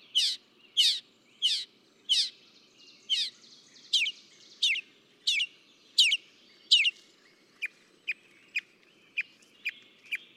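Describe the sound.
Northern mockingbird song: loud downslurred notes repeated roughly every half second, then a switch to thinner, sharper notes repeated at a similar pace.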